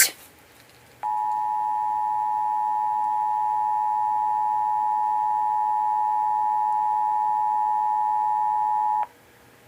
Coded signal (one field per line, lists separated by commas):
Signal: Emergency Alert System (SAME) tones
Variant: 853 and 960 Hz attention tone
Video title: The National EAS Test of 10/4/23